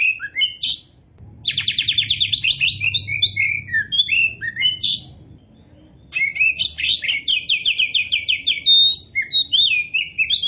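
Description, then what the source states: Oriental magpie-robin song: a short opening phrase, then two long bursts of fast repeated trilled notes and sharp whistles separated by a pause. Kacer poci type, singing vigorously (gacor).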